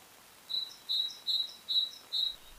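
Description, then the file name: Great tit calling: five short, sharp high notes, evenly spaced, over a soft steady hiss. "Parus major"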